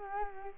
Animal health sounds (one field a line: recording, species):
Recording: mosquito wingbeat signal from an infrared sensor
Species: Culex quinquefasciatus